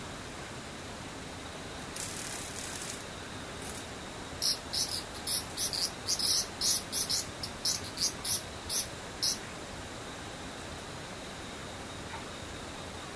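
An insect calls in a run of short, bright, high-pitched chirps from about 4.5 to 9.5 seconds, repeating at a fairly even quick pace. A softer high buzz appears briefly around 2 to 3 seconds, over a steady low hiss throughout.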